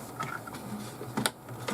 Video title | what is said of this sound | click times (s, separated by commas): Dell XPS 8930 Upgrade Options | like that. Snaps right in. | 1.3 s